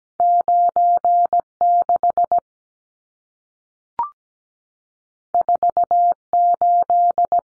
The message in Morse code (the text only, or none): 96 48